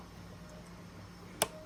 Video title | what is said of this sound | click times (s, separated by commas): YAESU FTX-1 Optima | There you go, you hear the click. | 1.4 s